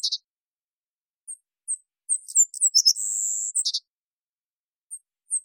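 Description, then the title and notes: Savannah sparrow song: scattered very high thin chips lead into a long, buzzy, insect-like trill, with more faint ticks after it, in otherwise silent surroundings. Collected song variants, isolated and processed from originals; recorded in Washington, Pacific Northwest, United States. "Savannah Sparrow Passerculus sandwichensis, collected song variants, isolated and processed from originals. Recorded in the beautiful Pacific Northwest, Washington, United States"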